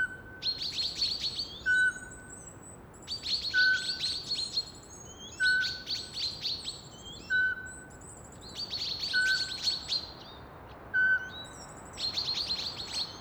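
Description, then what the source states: Eurasian pygmy owl repeating a short, even whistled hoot roughly every two seconds, several times, while small birds scold with dense high chattering calls between the notes. Male hooting while being mobbed.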